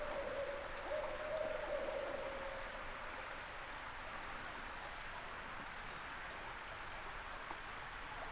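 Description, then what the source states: Barred owl hooting, a drawn-out hoot near the start, over steady rushing background noise. Several owls calling in the distance around 3 a.m. in May 2018, under a grove of eastern hemlocks in upstate New York; reverberant sounds; binaural.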